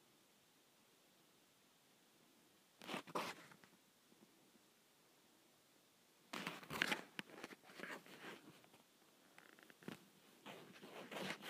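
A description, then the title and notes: Leather being scratched in rough, grainy bursts: a short scrape near the third second, then quiet, then a longer stretch of repeated rubbing strokes from about six seconds to the end. The strokes are bright and raspy, with a faint steady hiss between them. ASMR Leather Scratching.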